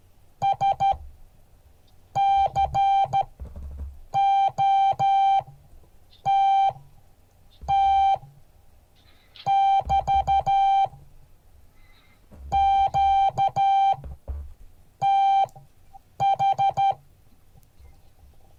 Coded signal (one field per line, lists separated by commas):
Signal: Morse code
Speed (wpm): 13 wpm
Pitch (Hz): 790 Hz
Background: music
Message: SCOTT <BT> QTH